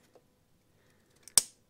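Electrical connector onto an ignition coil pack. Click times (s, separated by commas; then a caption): 1.4 s. A plastic electrical plug is slid forward onto a refitted ignition coil pack on an Audi TT Mk1. After a faint tick near 0.2 s and a small snap at 1.3 s, its locking clip clicks home with a sharp, loud click at 1.4 s, and the connector is seated.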